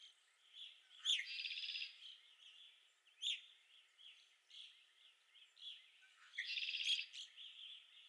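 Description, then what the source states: Red-winged blackbird calls: two harsh, buzzy trills standing out over a constant background of chattering birds. Recorded at Okalees on 5 May 2021.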